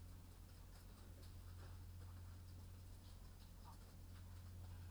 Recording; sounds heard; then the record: poultry house recording; sick chickens (respiratory disease)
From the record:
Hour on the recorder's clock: 22